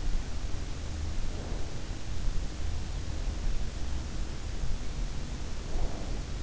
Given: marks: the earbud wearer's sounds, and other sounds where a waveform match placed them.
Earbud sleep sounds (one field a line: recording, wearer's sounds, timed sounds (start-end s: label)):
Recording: sounds in sleep by an in-ear microphone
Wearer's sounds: breath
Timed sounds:
0.86-1.89 s: breath
5.54-6.43 s: breath